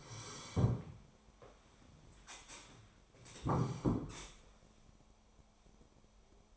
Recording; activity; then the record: daily activity, microphone in the room; sit down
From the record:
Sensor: 1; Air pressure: 1015.2 hPa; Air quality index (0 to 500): 192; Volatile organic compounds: 20 ppm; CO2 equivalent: 2680 ppm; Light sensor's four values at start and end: 12/30/12/13 and 12/30/12/13